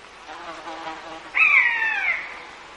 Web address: common buzzard